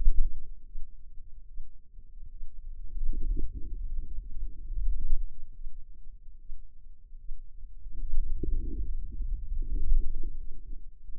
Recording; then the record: forearm muscle sounds (acoustic myography)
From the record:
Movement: wrist extension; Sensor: system 2, bracelet of six BSWA MPA416 microphones around the upper forearm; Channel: 1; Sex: female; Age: 25 years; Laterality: right